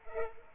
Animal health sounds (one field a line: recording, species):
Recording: mosquito wingbeat signal from an infrared sensor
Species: Culex pipiens